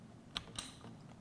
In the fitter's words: there you go click on that one